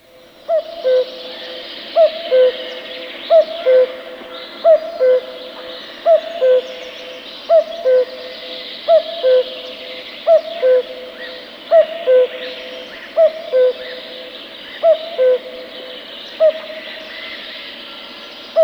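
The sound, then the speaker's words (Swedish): A common cuckoo repeats its two-note, falling cu-coo call about fourteen times at a steady pace, clear and mid-pitched over a soft wash of background birdsong. “Det var gök.”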